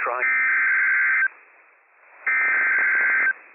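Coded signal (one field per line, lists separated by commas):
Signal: Emergency Alert System (SAME) tones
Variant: header bursts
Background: speech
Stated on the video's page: Real operational Severe Thunderstorm Warnings from the Pendleton NWS office, received on WWF56.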